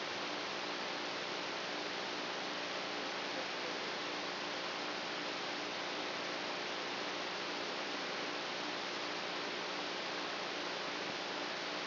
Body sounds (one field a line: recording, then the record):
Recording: brain microelectrode recording played as sound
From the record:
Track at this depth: outside the subthalamic nucleus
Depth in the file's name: -1.109 mm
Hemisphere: right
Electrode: 3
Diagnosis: Parkinson's disease